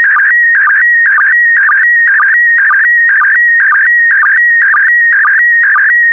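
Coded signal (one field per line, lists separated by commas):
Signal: SSTV (slow-scan television)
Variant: PD120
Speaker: complete. You can now check your decoded image against the picture that is shown on the video.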